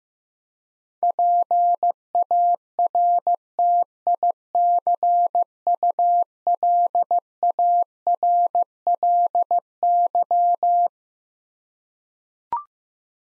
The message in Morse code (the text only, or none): PARTICULARLY